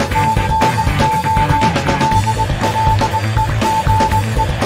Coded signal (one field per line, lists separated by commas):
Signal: Morse code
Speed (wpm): 20 wpm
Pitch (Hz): 880 Hz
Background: music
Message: TNO DLEGE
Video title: Ham College 81